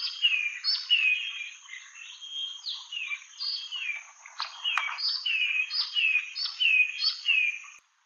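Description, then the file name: Dusky tit calling in a dense run of clear, downslurred whistled notes mixed with buzzy chatter, repeated rapidly for about eight seconds; a brief click midway. "Temnaya sinica Melaniparus funereus"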